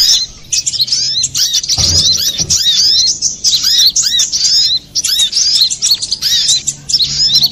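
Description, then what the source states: Little spiderhunter song, a dense run of high, sharp chirps and down-slurred notes, nearly continuous with brief pauses, with a few low thumps. Master recording used to train cage birds.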